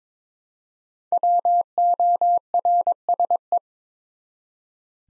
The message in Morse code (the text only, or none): WORSE